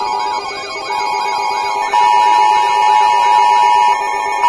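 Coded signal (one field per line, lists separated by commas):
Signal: Emergency Alert System (SAME) tones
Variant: 853 and 960 Hz attention tone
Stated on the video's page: Mock EAS alert, fictional.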